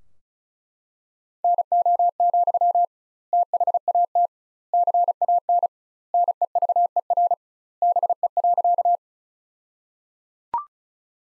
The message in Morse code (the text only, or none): NO, THAT CAN NEVER BE.